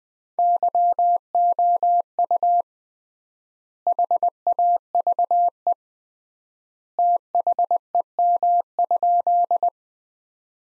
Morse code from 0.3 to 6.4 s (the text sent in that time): YOU HAVE